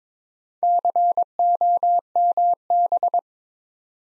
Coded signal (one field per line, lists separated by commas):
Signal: Morse code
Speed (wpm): 22 wpm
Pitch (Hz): 700 Hz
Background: none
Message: COMB